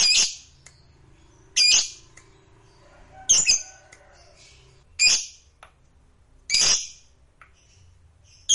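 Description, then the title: Lovebird squawks: harsh, high bursts spaced roughly every one and a half seconds, with quiet gaps between each shrill call. Lovebird sound used to stimulate a lazy, quiet lovebird into eager, spontaneous singing. "LOVEBIRD Malas Bunyi JADI GREGET SPONTAN Langsung NARIK"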